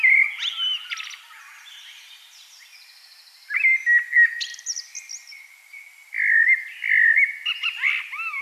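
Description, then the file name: Common blackbird singing: three fluty warbled phrases mixed with thin squeaky twitters, separated by quieter pauses. "Turdus merula"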